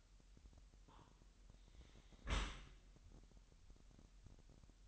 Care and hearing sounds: daily activity, microphone in the room; close dishwasher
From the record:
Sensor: 3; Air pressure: 998.2 hPa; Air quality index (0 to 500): 151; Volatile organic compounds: 5 ppm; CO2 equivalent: 1806 ppm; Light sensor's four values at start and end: 13/38/15/14 and 13/38/15/14

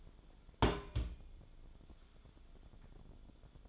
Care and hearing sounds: daily activity, microphone in the room; place on stove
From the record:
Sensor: 5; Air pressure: 1010.0 hPa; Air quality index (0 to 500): 148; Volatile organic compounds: 3 ppm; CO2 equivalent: 1448 ppm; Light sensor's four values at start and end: 243/591/252/276 and 243/593/252/276

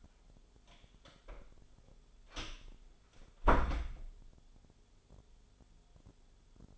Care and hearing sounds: daily activity, microphone in the room; close door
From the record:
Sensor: 5

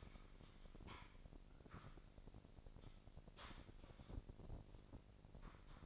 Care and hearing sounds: daily activity, microphone in the room; typing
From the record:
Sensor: 5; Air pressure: 1007.7 hPa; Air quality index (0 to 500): 95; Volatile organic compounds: 1 ppm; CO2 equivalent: 748 ppm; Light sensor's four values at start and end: 37/86/35/36 and 37/86/35/36

